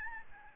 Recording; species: mosquito wingbeat signal from an infrared sensor; Aedes albopictus